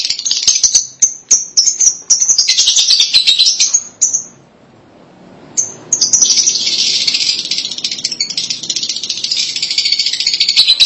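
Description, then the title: Lovebird chatter: long stretches of dense, shrill, buzzy twittering with sharp chirps mixed in, broken once by a brief pause. "BM Suara Burung Lovebird"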